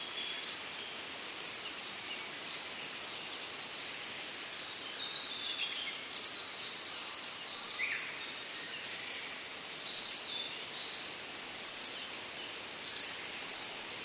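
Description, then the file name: Grey wagtail: a long run of sharp, high-pitched call notes, sometimes doubled, at fairly regular intervals of about a second over a continuous hissing background. "kisekirei"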